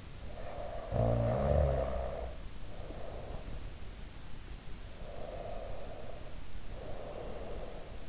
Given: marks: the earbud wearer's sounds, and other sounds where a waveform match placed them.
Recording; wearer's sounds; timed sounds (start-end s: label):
sounds in sleep by an in-ear microphone; snoring breath, breath
0.26-3.63 s: snoring breath
5.00-8.09 s: breath